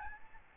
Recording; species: mosquito wingbeat signal from an infrared sensor; Aedes albopictus